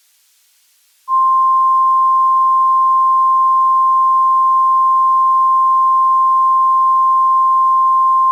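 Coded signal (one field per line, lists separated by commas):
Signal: Emergency Alert System (SAME) tones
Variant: 1050 Hz attention tone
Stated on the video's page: Simulated EAS scenario.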